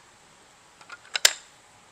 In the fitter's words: Again, all of these components are magnetic, so they kind of snap into place.